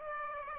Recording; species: mosquito wingbeat signal from an infrared sensor; Aedes aegypti